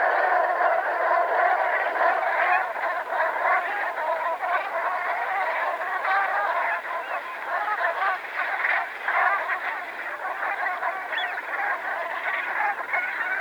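Brent goose: continuous gabbling of Brent geese, countless short rasping calls running together into a rough, even wall of sound for the whole stretch.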